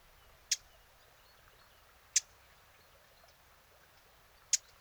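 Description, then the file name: Eurasian blackcap calling with three loud, hard tack clicks at irregular intervals of roughly one and a half to two and a half seconds over quiet background. "Sylvia atricapilla"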